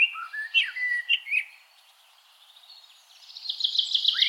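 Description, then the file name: Eurasian blackbird song: a mellow whistled warble that breaks off, then after a pause a high, scratchy twittering flourish. "Turdus merula"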